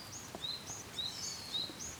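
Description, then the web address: Japanese tit song: thin, high whistled notes alternating between two pitches, repeated several times over steady background hiss. "Parus minor"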